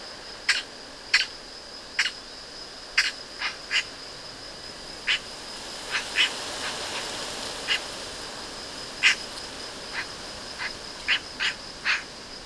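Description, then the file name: Eurasian magpie uttering short, dry, scratchy notes in an irregular series, sometimes paired, over a soft rushing background and a thin continuous high tone. "Pica pica"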